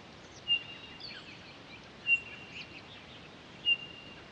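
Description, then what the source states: Townsend's solitaire: three pure, level whistled notes about one and a half seconds apart, with faint twittering in between. Recorded 23 October 2011.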